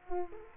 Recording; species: mosquito wingbeat signal from an infrared sensor; Culex quinquefasciatus